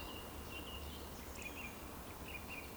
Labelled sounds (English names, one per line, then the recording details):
Eurasian Woodcock whistle
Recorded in Baden-Württemberg, Germany, on 11 June 2020 at 20:16 UTC
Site 14569, 102 m above sea level